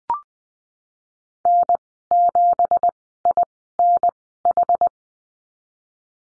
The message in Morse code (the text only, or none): N7INH